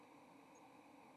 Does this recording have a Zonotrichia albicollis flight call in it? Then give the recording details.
no. Another species' flight call is heard. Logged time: 09:30 on 30 October 2014